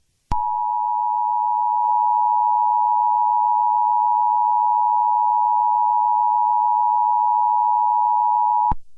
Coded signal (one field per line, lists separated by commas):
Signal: Emergency Alert System (SAME) tones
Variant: 853 and 960 Hz attention tone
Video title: EAS Scenario #14: Bubble Guppies